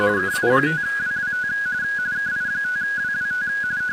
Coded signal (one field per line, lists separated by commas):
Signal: RTTY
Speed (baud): 45.45 baud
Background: speech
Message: KI5WWT KI5WWT